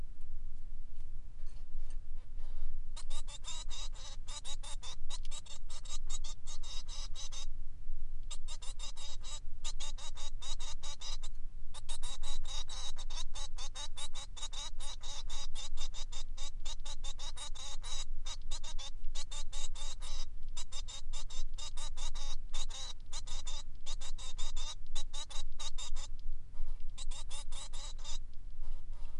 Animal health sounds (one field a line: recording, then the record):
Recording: song of a male Bengalese finch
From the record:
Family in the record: son of father 3